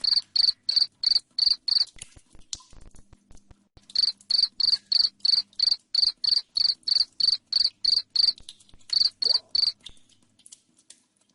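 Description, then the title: Cricket chirping loud and high, pulses repeated about three times a second, pausing near two seconds and briefly before a quiet finish. Loud cricket chirping played to make lovebirds sing continuously. "Suara JANGKRIK NGERIK Keras Bikin LOVEBIRD Jadi NGEKEK Terus Vubey"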